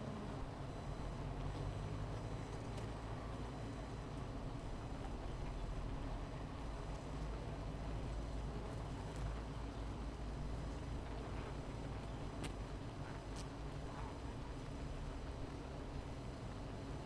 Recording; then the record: honeybee colony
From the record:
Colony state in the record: missing queen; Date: 14 July 2017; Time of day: 17:02